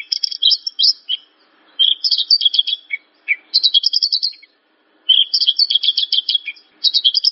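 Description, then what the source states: Javan bush lark song given as repeated bursts of fast, twittering high notes, with short silent gaps between phrases. Song used as a lure recording (pancingan); the bird is described as gacor, singing actively.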